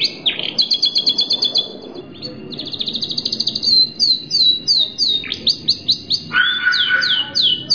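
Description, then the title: Bird song of rapid high trills and slurred chirps, with quick repeated notes, downward sweeps and brief buzzy phrases running almost without pause; faint low background hiss. Labelled as masteran. "Burung Masteran"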